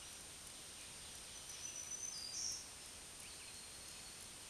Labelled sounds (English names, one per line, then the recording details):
Black-throated Green Warbler song
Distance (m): 40 m
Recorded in a Pennsylvania forest on 1 June 2023 at 06:07
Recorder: AudioMoth, point grid3_8_low
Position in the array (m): 135 m, 83 m